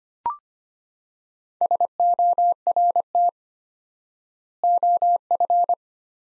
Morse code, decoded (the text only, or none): SORT OF